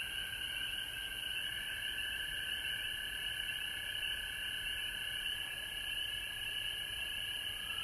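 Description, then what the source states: Frogs trilling together without pause, a high band and a lower sustained note running through the whole stretch, with steady hiss above. Recorded at home in Georgia on March 19, 2020.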